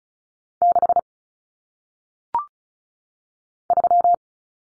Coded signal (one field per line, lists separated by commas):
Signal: Morse code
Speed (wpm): 36 wpm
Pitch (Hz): 700 Hz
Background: none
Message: 6 3